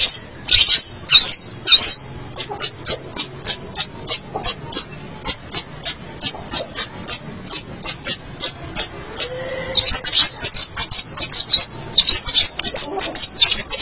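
Long-tailed shrike song: a long, rapid series of sharp high notes, briefly broken by scratchy twittering phrases.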